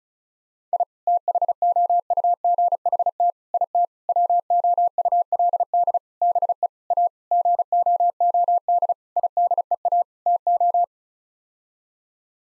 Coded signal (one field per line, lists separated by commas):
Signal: Morse code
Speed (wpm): 36 wpm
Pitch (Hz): 700 Hz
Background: none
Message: I THOUGHT IT WOULD BE A GOOD IDEA TO